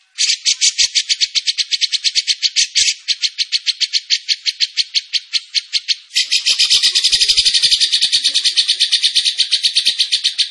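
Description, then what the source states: Bird song of rapid, sharp repeated notes in a steady pulsing series, then a denser, faster buzzy chatter in the second half. Masteran training recording from Indonesia of a bird singing energetically (gacor).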